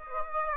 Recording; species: mosquito wingbeat signal from an infrared sensor; Aedes aegypti